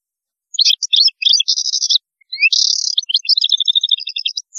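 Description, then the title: Goldfinch song of rapid bright twitters and two harsh buzzy trills, delivered almost without a break. "Chant Chardonneret"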